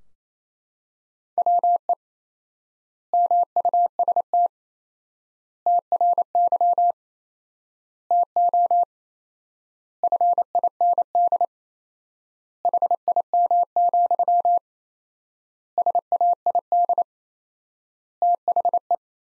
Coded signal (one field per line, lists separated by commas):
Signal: Morse code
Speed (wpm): 28 wpm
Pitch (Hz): 700 Hz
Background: none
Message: WE MUST TRY TO FIND HIM, SAID THE